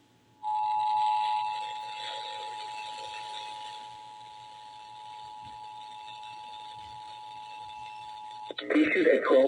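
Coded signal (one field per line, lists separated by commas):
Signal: Emergency Alert System (SAME) tones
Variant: 853 and 960 Hz attention tone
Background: speech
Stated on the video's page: High Wind Warning for North Central Texas, on an FM broadcast station.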